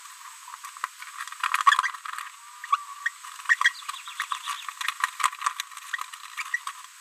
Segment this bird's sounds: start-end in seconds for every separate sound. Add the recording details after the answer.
0.84-0.86, 3.05-3.10, 3.60-3.71, 6.66-6.72. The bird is a female. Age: 30 days. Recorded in a nest box in Venezuela. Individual 17B73B3